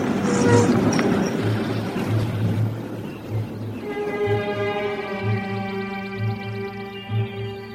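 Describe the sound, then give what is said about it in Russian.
A moving tram rumbles along with a steady, rhythmic low thumping as a young man jumps aboard through its open door, joined partway through by a rising, buzzing electric motor whine layered over the noise. “Запрыгивает в открытую дверь идущего трамвая.”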